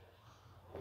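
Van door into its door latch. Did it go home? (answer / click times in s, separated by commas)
no / none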